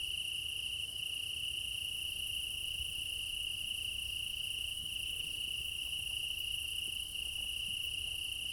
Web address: Alexander Kopeikin - Quad ambience of Crimea in summer 20 meadow night ambience, crickets, ortf offset by 3 m, front